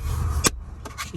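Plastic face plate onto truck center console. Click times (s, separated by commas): 0.9 s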